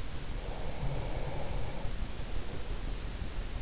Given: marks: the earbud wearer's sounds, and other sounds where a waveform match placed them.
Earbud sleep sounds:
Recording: sounds in sleep by an in-ear microphone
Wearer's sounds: breath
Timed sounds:
0.50-2.99 s: breath

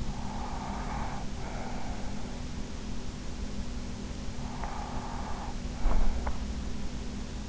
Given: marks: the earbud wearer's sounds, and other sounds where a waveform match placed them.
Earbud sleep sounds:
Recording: sounds in sleep by an in-ear microphone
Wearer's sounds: breath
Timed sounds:
0.00-2.12 s: breath
4.39-6.34 s: breath

